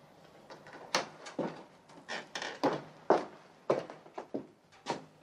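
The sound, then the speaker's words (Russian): A door from the garden is opened as a man, a count, enters, with a string of irregular wooden knocks, creaks and rattles over several seconds, moderately loud, with no voices. “В двери из сада входит мужчина, это граф.”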